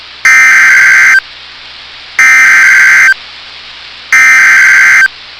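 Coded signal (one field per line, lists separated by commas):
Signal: Emergency Alert System (SAME) tones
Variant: header bursts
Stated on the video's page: Four severe thunderstorm warning SAME alerts about ten minutes apart on NOAA Weather Radio WXM99.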